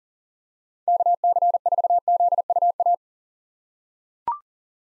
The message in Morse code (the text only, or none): KC4ZUA